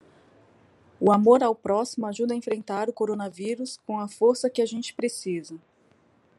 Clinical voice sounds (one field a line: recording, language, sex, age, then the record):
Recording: spoken sentence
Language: Brazilian Portuguese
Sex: female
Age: 40 to 49 years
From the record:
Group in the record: control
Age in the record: 40 years